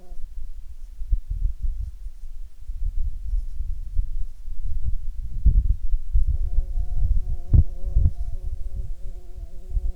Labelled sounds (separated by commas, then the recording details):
wind, insects
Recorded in Ivvavik National Park, Yukon, on 16 June 2019 at 00:35
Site SINP09